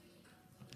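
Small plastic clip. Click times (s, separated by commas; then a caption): 0.7 s. A recliner release cable's small clip is pressed down on top into the handle housing. After a stretch of low, steady background sound, one sharp, short click is heard at 0.7 s as the clip seats in.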